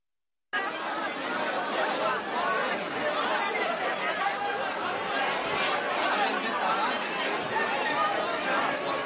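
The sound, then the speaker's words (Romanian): A dense crowd chatters continuously at midnight at the Buzău County Electoral Bureau headquarters in Romania, where ballot sacks were being delivered. Many overlapping voices form a steady, loud babble with occasional brief laughs, no single speaker standing out. “A fost îmbolzeală la miezul nopții la sediul Biroului Electoral Județean din Buzău, unde președintele secției de vot, locțiitorul președintelui, omul de pază și operatorul de tabletă au venit pentru a depune sacii cu buletinele de vot.”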